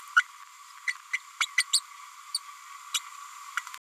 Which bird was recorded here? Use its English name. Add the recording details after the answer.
Green-rumped Parrotlet. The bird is a female. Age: 30 days. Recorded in a nest box in Venezuela. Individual 17B102A6